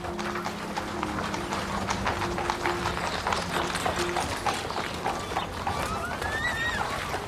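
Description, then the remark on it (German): Hooves clip-clop in a steady, brisk rhythm over the low rumble of a horse-drawn cart rolling out through a town gate at nightfall, with a short high-pitched whinny rising near the end. “geduckt im Schatten eines hinausrollenden Pferdefuhrwerks entging Martha ihrer Aufmerksamkeit”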